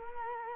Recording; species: mosquito wingbeat signal from an infrared sensor; Culex quinquefasciatus